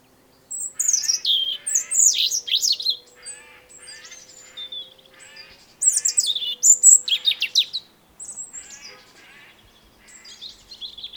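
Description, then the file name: European robin singing high, thin, varied phrases of trills and sliding whistles in two bursts, with quieter twittering between them and a faint steady hum through most. "Erithacus rubecula"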